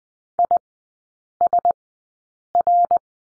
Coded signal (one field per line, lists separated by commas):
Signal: Morse code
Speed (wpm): 19 wpm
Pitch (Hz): 700 Hz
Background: none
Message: ISR